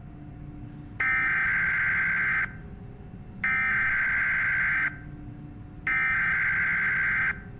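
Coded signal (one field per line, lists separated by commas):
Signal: Emergency Alert System (SAME) tones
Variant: header bursts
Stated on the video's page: Fictional EAS scenario alert.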